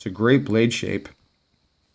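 A folding knife's blade is being handled as it is opened again toward its locked-open position in the handle. Someone talks through most of the clip, then it goes nearly silent; nothing has seated or clicked yet.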